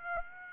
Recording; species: mosquito wingbeat signal from an infrared sensor; Aedes aegypti